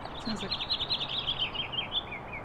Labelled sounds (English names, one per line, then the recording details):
House Finch song
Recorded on Long Island, New York, on 15 April 2011
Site HE
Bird A